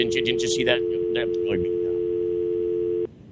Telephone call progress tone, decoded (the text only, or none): dial tone